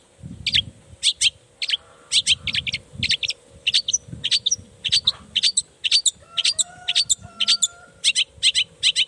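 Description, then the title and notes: Long-tailed shrike song: steady stream of harsh, doubled scratchy notes repeated many times, with low rumbling noise underneath. Cendet singing 'gacor' in the morning with 'toet toet' sound variations; said to make any cendet answer ('nyaut') at once and open up material. "Langsung NYAUTTTTT ! Cendet Gacor Dor Di Kala Pagi Toet Toet Variasi Suara J. Nyaut Seketika.! Cendet Gacor Pagi Hari Biangnya Bikin Cendet Manapun Langsung On Nyaut Buka Materi. Burung cendet"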